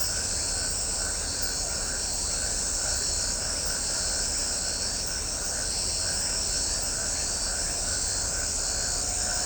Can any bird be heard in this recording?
no